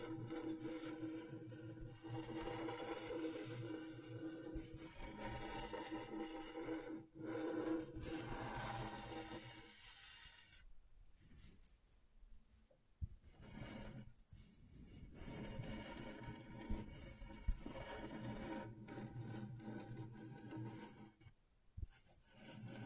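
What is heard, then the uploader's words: A tool scratches and rasps across scratchboard in dense, bright strokes that run almost without pause, with a steady low hum underneath. Brief breaks in the scraping come around 7 seconds, between about 10 and 13 seconds, and again near 21 seconds. ASMR Brain Tingling Scratchboard (No Talking).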